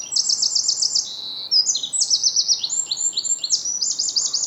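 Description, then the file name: Eurasian wren song: high, vigorous run of machine-gun trills alternating with sharp piercing chips, continuous and energetic throughout. "Troglodytes troglodytes"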